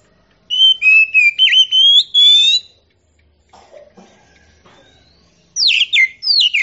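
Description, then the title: Oriental magpie-robin gives a bright whistled phrase, pauses amid faint background noise, then resumes with sharp descending notes. Champion singing bird; Indonesian name kacer. "Kicau Burung Kacer Juara"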